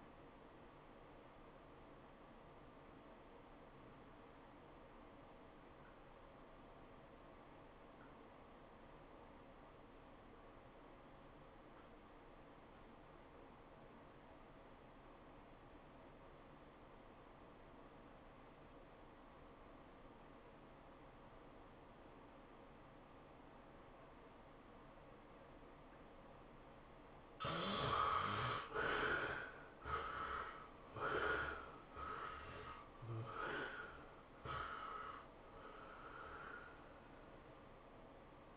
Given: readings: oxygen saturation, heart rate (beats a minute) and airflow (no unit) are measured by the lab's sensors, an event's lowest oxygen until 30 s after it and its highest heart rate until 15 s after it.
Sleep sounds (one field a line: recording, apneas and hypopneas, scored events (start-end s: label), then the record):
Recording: breathing in sleep by a voice recorder at the bedside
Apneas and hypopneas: 1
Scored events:
9.00-29.70 s: obstructive apnea (REM, oxygen 95% highest, then 67% lowest, heart rate 100 at the start, 115 highest)
From the record:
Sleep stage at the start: REM sleep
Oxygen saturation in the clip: 58 to 95%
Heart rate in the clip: 71 to 115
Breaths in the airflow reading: 4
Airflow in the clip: -14.8 to 11.0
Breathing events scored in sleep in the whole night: 403 in 5.5 hours asleep